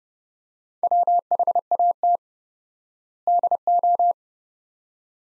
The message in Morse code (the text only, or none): WHAT DO